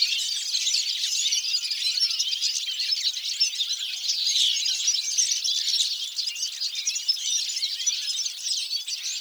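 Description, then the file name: European goldfinch calls form an unbroken, busy chatter of thin squeaky notes and tinkling trills from numerous birds calling together. "Carduelis carduelis"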